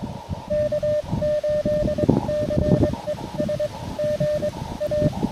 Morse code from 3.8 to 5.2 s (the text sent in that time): G A